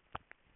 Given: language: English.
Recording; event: throat vibration sensor signal played as sound; swallow